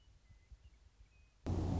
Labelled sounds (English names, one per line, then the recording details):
Western Meadowlark
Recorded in Sonoma County, California